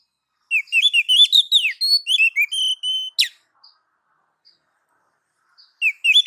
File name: Suara Kicau Burung Kacer Betina Memanggil Jantan